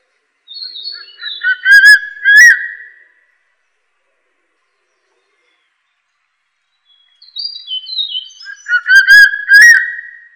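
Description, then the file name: Crested serpent eagle calling twice, each phrase opening with thin higher notes, then a wavering whistle and two loud ringing notes; silence between the phrases. "大冠鷲"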